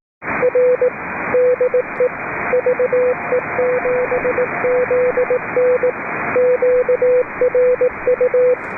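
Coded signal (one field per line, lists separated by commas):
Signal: Morse code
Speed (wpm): 18 wpm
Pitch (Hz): 500 Hz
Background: radio noise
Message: R DE VE7ZN QRU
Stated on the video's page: British Columbia Public Service Net on 3.729 MHz, with net control operating fully remote from aboard a boat.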